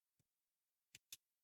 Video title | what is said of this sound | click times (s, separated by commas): An Affordable Plinker: Taurus TX22 Review | In place, snaps in place. | 1.0 s, 1.1 s